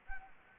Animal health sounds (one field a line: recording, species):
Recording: mosquito wingbeat signal from an infrared sensor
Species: Anopheles arabiensis